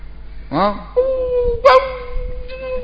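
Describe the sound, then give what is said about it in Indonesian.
A human voice mimics dogs barking and squabbling as they fight over a carcass of meat thrown among them: a sharp rising yelp, a held whining tone, then another harsh bark burst, fairly loud, with a faint growl trailing off at the end. “Saling berebut bangkai tadi. Saling menggonggong. Saling cakar-mencakar.”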